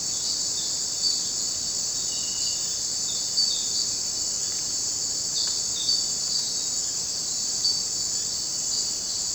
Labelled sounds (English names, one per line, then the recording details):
none
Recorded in dense forest near Puerto Asís, Putumayo, Colombia, on 19 June 2025 at 18:30
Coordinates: 0.484, -76.317
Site G045